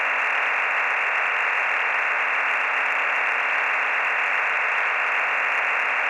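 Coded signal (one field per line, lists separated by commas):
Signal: digital SSTV (DRM)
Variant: EasyPal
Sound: steady wideband rushing hiss with sharp band edges, constant throughout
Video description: MELBOURNE "EASYPAL" ham radio digital slow scan TV net audio log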